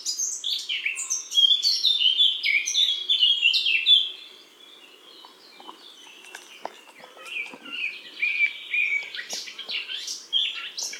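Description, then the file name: Eurasian blackcap song: a loud, rich warble of quick whistled notes for four seconds, a short pause with faint clicks, then a softer warbling phrase resumes. "Sylvia atricapilla"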